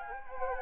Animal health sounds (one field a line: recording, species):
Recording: mosquito wingbeat signal from an infrared sensor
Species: Anopheles gambiae